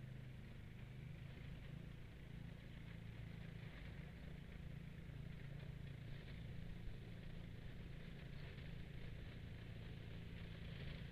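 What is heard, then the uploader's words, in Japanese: A binder rice harvester runs steadily, cutting rice row by row and tying it into bundles. Its small engine holds a constant low, throbbing drone throughout, with a busy rattling clatter above it that swells slightly now and then but never stops. バインダーという稲刈り機で、1列ずつ稲を刈り、束にしていきます。バインダーで稲刈り、ハザ掛け。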